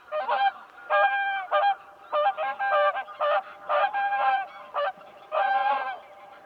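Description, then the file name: Whooper swans trumpeting: brassy, nasal honks in quick overlapping bursts, calling almost continuously with brief gaps between clusters of notes. "Sangsvan"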